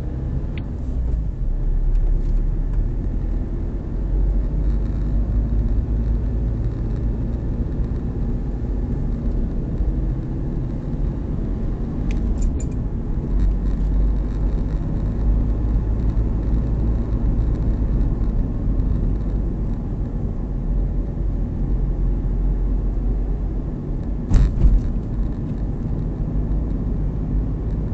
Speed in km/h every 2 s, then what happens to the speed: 16, 21, 25, 28, 30, 37, 37, 40, 40, 33, 33, 36, 38, 40.
0-14 speeds up to 40. 14-20 slows to 33. 20-28 speeds up to 40.